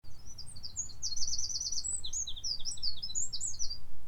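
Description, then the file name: Eurasian wren song: a rapid, high, jumbled outpouring of shrill notes and fast trills, over strong low rumbling background noise. "Troglodytes troglodytes"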